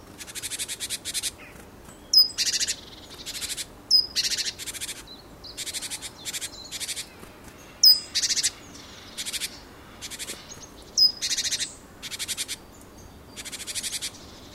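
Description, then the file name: Great tit making repeated buzzy churrs, each burst of rapid pulses, some led by a thin high note, in quick succession. "Parus major"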